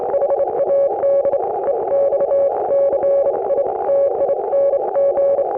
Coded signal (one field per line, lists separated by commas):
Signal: Morse code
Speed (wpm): 27 wpm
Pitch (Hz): 560 Hz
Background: none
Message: HAD EXCITING